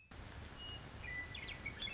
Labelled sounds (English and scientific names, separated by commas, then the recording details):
Western Meadowlark (Sturnella neglecta)
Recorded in Sonoma County, California